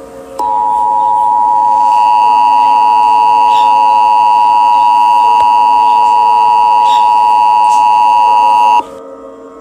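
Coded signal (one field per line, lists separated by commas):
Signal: Emergency Alert System (SAME) tones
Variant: 853 and 960 Hz attention tone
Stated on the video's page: Fictional EAS scenario, not a real alert.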